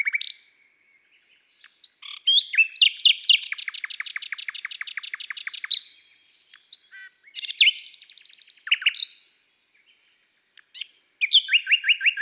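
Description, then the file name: Common nightingale song: a long loud rattling series of rapid notes, a high buzzy trill, then fast repeated chirps after a pause. Woodland and forest birdsong. "Rossignol philomele Chants doiseaux des bois et des forets"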